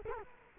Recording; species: mosquito wingbeat signal from an infrared sensor; Culex quinquefasciatus